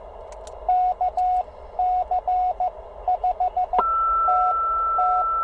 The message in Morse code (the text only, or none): KC5TT